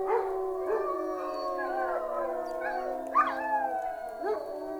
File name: Wolves Howling Wolf Howling - Wolves Howling At The Moon